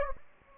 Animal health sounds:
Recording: mosquito wingbeat signal from an infrared sensor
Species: Anopheles gambiae

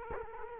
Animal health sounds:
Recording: mosquito wingbeat signal from an infrared sensor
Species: Culex quinquefasciatus

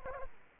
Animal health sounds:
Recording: mosquito wingbeat signal from an infrared sensor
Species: Culex quinquefasciatus

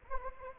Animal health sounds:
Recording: mosquito wingbeat signal from an infrared sensor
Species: Anopheles arabiensis

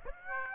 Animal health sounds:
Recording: mosquito wingbeat signal from an infrared sensor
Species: Aedes aegypti

